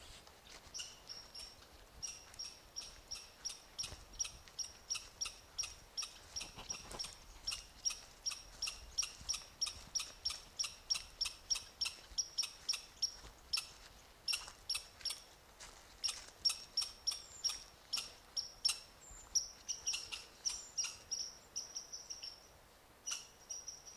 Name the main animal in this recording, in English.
Red Squirrel